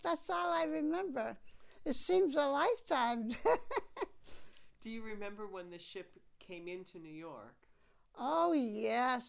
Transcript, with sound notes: That's all I remember. It seems a lifetime! ( she laughs )
Do you remember when the ship came into New York?
Oh, yes.